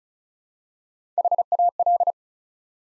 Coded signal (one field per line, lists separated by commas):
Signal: Morse code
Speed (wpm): 36 wpm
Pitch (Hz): 700 Hz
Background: none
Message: HAL